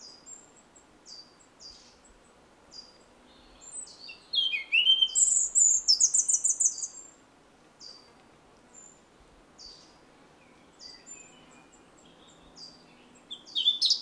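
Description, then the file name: European robin: faint, thin, high notes at short intervals before and after a louder, rapid phrase of tinkling warbles and trills. "Erithacus rubecula"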